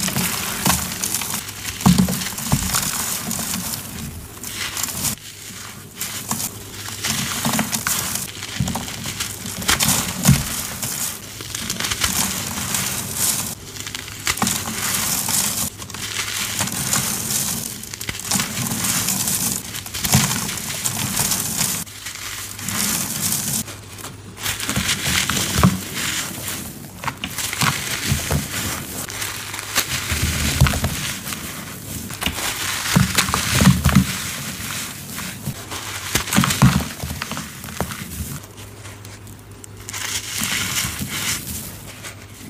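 Soft, powdery gym chalk is crumbled continuously, giving a dense, dry crinkling and crackling that stays bright and hissy throughout. Short crunchy bursts come every second or so, and a low, steady hum sits underneath.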